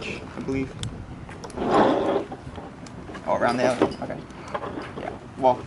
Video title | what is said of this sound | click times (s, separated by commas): TREE GEAR YOU NEED AND HOW TO INSPECT IT- Intro to Tree Climbing Pt.9 | was looking intact so clipping it want to hear snap and then pull that to make sure everything is working | 0.8 s